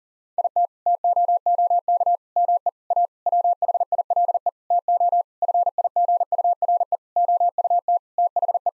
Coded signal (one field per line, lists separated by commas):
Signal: Morse code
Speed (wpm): 40 wpm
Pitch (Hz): 700 Hz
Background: none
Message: IT TOOK ME A WHILE TO FIGURE OUT THE